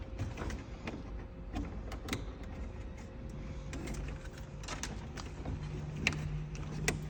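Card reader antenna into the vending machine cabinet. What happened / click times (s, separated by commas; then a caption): The antenna part snapped into place / 6.1 s. One of two credit card reader antennas is fitted into a vending machine cabinet, with scattered handling taps and rustling over a low steady hum. A sharp snap at 6.1 s marks the antenna seating in place, followed by another light tap.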